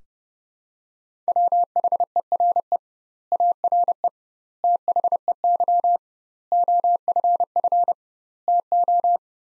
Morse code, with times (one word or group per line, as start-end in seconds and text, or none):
1.3-2.8 WHERE
3.3-4.1 ARE
4.6-6.0 THEY
6.5-7.9 OFF
8.5-9.2 TO